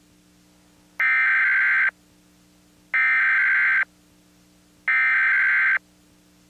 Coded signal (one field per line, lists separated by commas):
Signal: Emergency Alert System (SAME) tones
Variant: header bursts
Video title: THE BEACON (Full Stream) (Oct 2025)